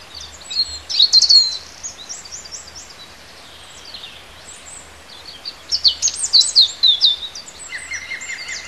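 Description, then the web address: Bird song in two bursts of fast, high twittering with sharp slurred notes, separated by a quieter pause, plus a short buzzy trill near the end and a low background hum. Native bird recorded in a hedgerow in March. "oeko hecke vogel maerz vogel heimisch"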